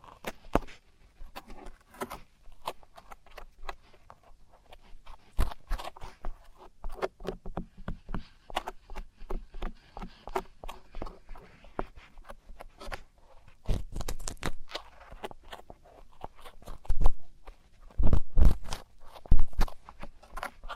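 Traditional Chinese ear cleaning, heard as a dense run of sharp scratching and crackling clicks that come in quick irregular bursts. Louder crunchy scrapes gather around 14, 17 and 18 to 20 seconds. A soft low murmur, possibly a voice, sits underneath.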